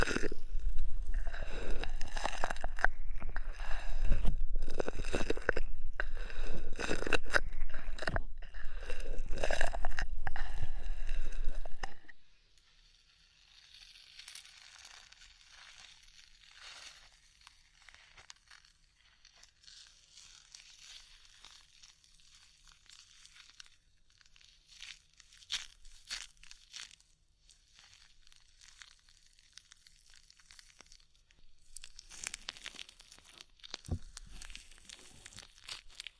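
Ear massage with oil and foam: dense, loud crinkling rubs for twelve seconds, then soft scattered squishy foam touches and faint crackles.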